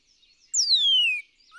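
Northern cardinal song: one long clear whistle gliding down in pitch, then the beginning of a rising note.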